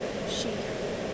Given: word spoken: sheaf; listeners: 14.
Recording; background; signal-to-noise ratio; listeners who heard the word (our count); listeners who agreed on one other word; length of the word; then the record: one English word in noise, from a listening test; speech-shaped noise; -5.4 dB; 1 of 14; 8 of 14; 0.74 s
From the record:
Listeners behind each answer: 8, 2, 1, 1, 1, 1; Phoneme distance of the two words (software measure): 10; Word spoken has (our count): 1 syllable, 3 phonemes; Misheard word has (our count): 1 syllable, 3 phonemes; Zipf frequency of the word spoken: 2.40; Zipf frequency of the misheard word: 4.67